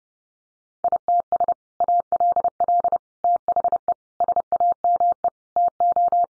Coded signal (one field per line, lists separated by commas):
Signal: Morse code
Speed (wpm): 30 wpm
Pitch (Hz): 700 Hz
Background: none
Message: ITS ALL THE SAME TO